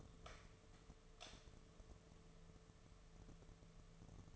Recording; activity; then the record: daily activity, microphone in the room; light on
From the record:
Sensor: 4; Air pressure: 1015.6 hPa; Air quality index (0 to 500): 182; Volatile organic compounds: 8 ppm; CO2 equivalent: 2105 ppm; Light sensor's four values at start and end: 22/52/22/23 and 20/50/21/22